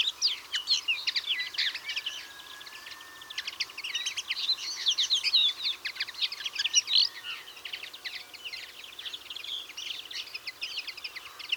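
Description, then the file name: European greenfinch twittering: busy, overlapping chirps and trilled notes throughout, with a drawn-out lower note early on. "Chloris chloris"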